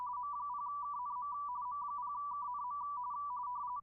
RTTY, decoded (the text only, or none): M0KNM M0KNM